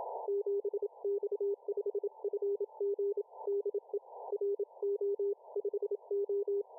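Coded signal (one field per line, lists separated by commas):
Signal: Morse code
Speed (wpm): 27 wpm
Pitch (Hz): 400 Hz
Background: none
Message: 7X5FG DE RO5O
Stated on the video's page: 7X5FG on 40m CW, received in Denmark on an RFSpace Cloud-IQ remote receiver.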